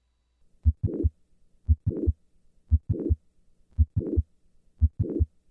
Listen once again to the classic click murmur of mitral valve prolapse.